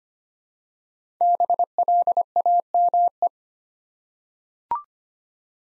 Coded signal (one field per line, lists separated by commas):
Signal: Morse code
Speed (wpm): 25 wpm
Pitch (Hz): 700 Hz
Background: none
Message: BLAME